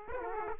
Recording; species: mosquito wingbeat signal from an infrared sensor; Aedes aegypti